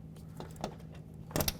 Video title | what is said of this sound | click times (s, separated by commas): How to Replace Front Window Regulator 07-12 Nissan Altima | It's nice and easy, it just pops right into the door. | 1.5 s